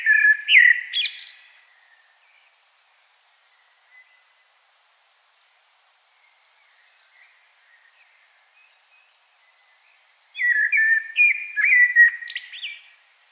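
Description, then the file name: Common blackbird song: a phrase with a twittery ending, a quiet gap with faint notes, then a fresh run of fluted whistles. "Turdus merula"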